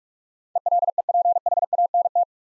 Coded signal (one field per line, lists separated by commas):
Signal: Morse code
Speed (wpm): 44 wpm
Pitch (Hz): 700 Hz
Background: none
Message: ELEPHANT